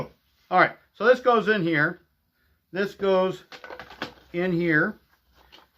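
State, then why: Seated. A plastic cyclone part is pushed into a vacuum cleaner's dust cup assembly while someone talks. A single short hit at 5.5 s marks the part locking into place just right.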